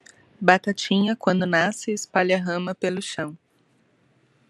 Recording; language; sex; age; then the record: short text; Brazilian Portuguese; female; 30 to 39 years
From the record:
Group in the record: control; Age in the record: 37 years